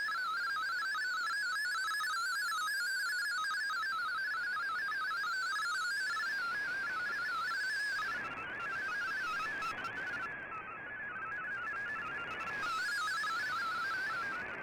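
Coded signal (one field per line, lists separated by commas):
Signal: multi-tone FSK (Olivia or MFSK type)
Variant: MFSK32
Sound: rapid warbling tone jumping between pitches, steady and continuous, with hiss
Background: radio static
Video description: Here is my decode of the Shortwave Radiogram broadcast today on 15770Khz shortwave radio at 1300UTC in MFSK32 and 64 with 10 SSTV images.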